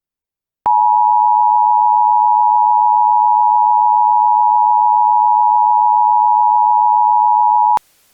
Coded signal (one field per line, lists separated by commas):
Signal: Emergency Alert System (SAME) tones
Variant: 853 and 960 Hz attention tone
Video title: EAS Scenario: A Trio of Disasters